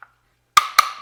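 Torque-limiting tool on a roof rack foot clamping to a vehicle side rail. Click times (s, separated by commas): 0.6 s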